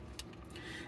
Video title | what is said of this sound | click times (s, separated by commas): Chuck's Reviews Transformers Legacy Motormaster | and it will snap into place into uh | 0.2 s